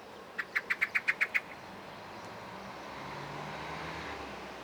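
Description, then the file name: Common blackbird calling with a quick even series of hard clicking chuck notes, then silence from the bird as a low engine drone rises. "Turdus merula"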